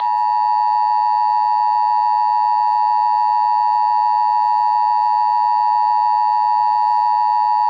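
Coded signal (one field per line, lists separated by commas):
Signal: Emergency Alert System (SAME) tones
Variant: 853 and 960 Hz attention tone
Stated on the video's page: Compilation of real EAS alerts from a week of severe storms in New England.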